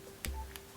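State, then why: Seated. A stylus pen is inserted the correct way into the stylus silo of a Samsung S26 Ultra phone and clicks home at 0.2 s with a sharp, bright snap, followed by a fainter tick at 0.6 s over a low steady hum. The stylus is seated flush, blending in with the phone's body.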